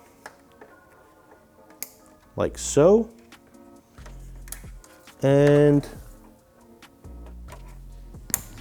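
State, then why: Seated. A TST Industries DRL-to-signal harness converter's plastic connector is pushed onto the daytime running light wiring connector of a 2022+ Yamaha YZF-R7 motorcycle while someone talks over background music, with faint handling clicks and taps. A sharp click at 8.3 s marks the locking tab engaging and the connector seating.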